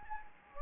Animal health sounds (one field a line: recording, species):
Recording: mosquito wingbeat signal from an infrared sensor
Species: Anopheles gambiae